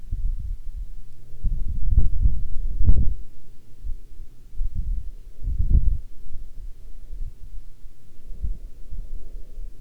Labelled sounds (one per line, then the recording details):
wind
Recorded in the Arctic National Wildlife Refuge, Alaska, on 9 August 2019 at 11:02
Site 40